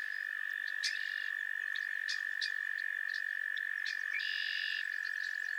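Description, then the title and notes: Frog chorus with one steady high trill running throughout, crossed by sharp clicks and short buzzy trill bursts from other frogs. Chorus of frogs calling to one another on a summer evening at Miners Marsh, Annapolis Valley, Nova Scotia. "Theraphonia - Frogsong at Miners Marsh. A chorus of frogs croon to one another on an idyllic summer evening in Miners Marsh, Annapolis Valley, Nova Scotia"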